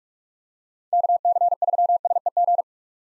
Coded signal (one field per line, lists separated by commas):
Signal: Morse code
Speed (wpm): 45 wpm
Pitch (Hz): 700 Hz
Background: none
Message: KC3SEG